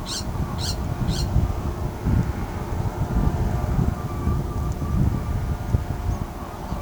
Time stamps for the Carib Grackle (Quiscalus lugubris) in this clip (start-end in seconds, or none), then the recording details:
0.00-1.27. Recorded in pastures near Pivijay, Magdalena, Colombia, on 17 April 2023 at 16:00. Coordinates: 10.456, -74.369. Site P6-G026